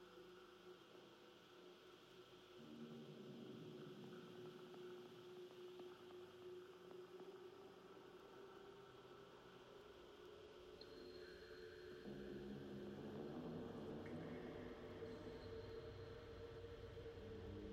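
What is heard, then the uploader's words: Warm tape hiss and a sustained feedback tone underlie heavily processed fragments that shift abruptly around twelve seconds, with high whistling lines entering. The inspiration for »lwrcs« was mainly driven by the feedback-like howling of the wind in the original field recording. It’s rich in frequencies but also has something eerie yet warm to it. Digital and analog feedback loops and warm tape noise create the framework for the heavily processed fragments of the field recording.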